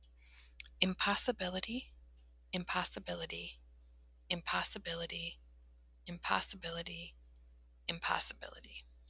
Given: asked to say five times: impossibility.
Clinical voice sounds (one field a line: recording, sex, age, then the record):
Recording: repeated word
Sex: female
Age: 30 to 39 years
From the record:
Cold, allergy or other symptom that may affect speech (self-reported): no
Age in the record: 38 years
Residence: Michigan, United States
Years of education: 20